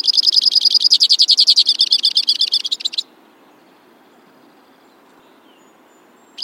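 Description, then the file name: White-winged crossbill singing a steady, fast trill of repeated notes for about three seconds, then silence until a brief note at the end. "suara-kicauan-burung-white-winged-crossbill -omkicau"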